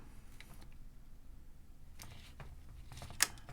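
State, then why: Seated. A plastic hull panel of a partwork starship model is pressed along its seam, after a screw is tightened, so it fits over the adjoining section. Soft handling taps and rustles lead up to one sharp, bright click at 3.2 s as the panel snaps home. The panel is seated.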